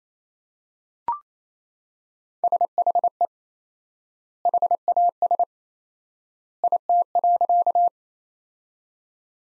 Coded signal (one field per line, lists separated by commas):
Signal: Morse code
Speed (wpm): 28 wpm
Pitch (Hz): 700 Hz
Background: none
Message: SHE HAS IT.